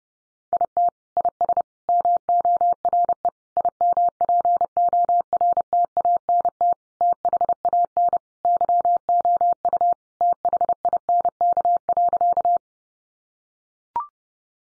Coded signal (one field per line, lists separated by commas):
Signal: Morse code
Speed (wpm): 30 wpm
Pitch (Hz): 700 Hz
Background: none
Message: IT IS MORE IMPORTANT THAN YOU THINK.